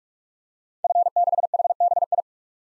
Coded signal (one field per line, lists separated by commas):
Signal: Morse code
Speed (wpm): 47 wpm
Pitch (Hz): 700 Hz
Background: none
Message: F6HBI